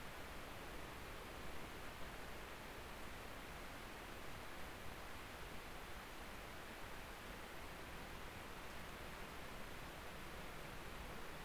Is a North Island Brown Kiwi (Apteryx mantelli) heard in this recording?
no